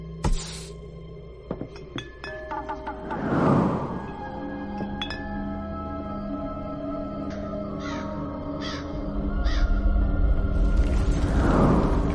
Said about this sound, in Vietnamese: Chỉ sau một lúc, khi cái chuông đính trên những sợi dây tơ hồng nhẹ nhàng rung lắc, cũng là lúc thầy Sáu bắt đầu gấp gáp.